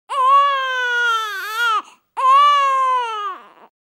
Baby cry.